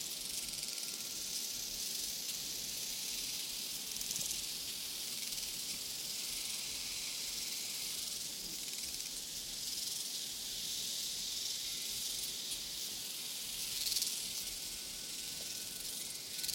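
Prairie crickets fill the air with a dense, steady, high-pitched hiss that barely changes over the whole stretch. The chorus sounds continuous, with a faint low rumble underneath and one brief brighter chirp standing out near the fourteen-second mark.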